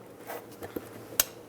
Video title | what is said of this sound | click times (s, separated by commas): How to Replace Headlight 2003-2009 Toyota 4Runner | Make sure it clicks. | 1.2 s